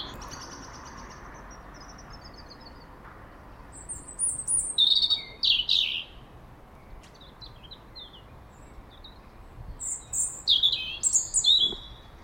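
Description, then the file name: European robin singing two bursts of high, thin warbled phrases with quick trills and sliding notes, separated by a few seconds of quiet. "Erithacus rubecula"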